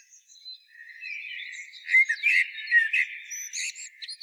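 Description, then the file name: Common blackbird singing a busy, squeaky twitter, with dense high notes and short whistled slurs tumbling quickly over one another. "Turdus merula"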